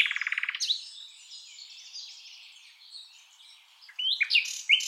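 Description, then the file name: Common nightingale song beginning with a fast, pulsing trill, followed by faint twittering and then a few loud sharp whistled notes at the end. "Luscinia megarhynchos"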